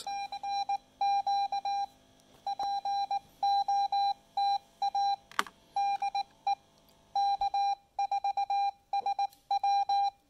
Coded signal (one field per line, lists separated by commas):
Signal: Morse code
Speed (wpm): 19 wpm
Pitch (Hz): 800 Hz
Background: none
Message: TNQ POTA DE K4SW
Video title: POTA Field Report: Let's build a super simple speaker wire antenna on site and activate this park!